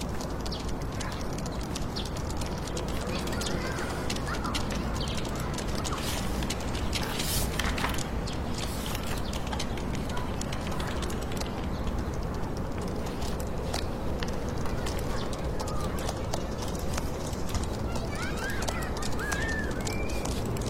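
Fingertip typing in a computer room: soft, quick clicks and taps scattered irregularly through the whole stretch, a few brighter ones around seven to nine seconds. Beneath them runs a steady, dense urban hiss with a low rumble, unchanging in level throughout.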